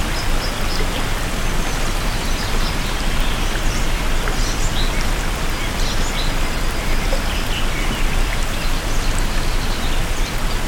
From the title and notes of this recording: APRIL SHOWERS • Natural Noise Blocker.